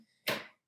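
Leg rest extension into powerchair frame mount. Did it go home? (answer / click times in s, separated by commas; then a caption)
yes / 0.3 s. A leg rest extension is lined up with the two holes on a lightweight folding powerchair frame mount and pushed in. A single sharp broadband hit at 0.3 s rings briefly and fades by about 0.55 s. The extension is seated in the mount.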